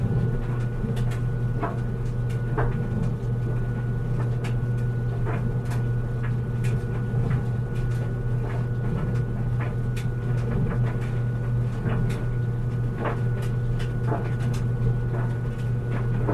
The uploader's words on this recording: A tumbling , rolling, soothing clothes dryer; set on high. The droning white noise of a dryer. Raw audio: Focusrite Scarlett CM25, Focusrite Scarlett 2i2 Audio interface.